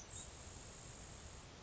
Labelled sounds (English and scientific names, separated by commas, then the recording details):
Grasshopper Sparrow (Ammodramus savannarum)
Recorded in Sonoma County, California